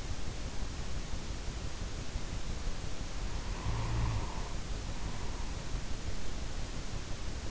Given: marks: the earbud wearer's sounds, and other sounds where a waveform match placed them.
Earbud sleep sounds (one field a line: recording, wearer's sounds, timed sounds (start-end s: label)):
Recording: sounds in sleep by an in-ear microphone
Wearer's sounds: snoring breath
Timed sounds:
3.13-5.83 s: snoring breath